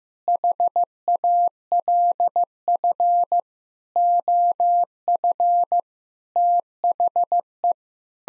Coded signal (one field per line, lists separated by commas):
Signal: Morse code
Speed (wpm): 16 wpm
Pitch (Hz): 700 Hz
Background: none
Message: HALF OF THE